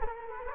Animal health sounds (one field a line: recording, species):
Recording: mosquito wingbeat signal from an infrared sensor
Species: Culex quinquefasciatus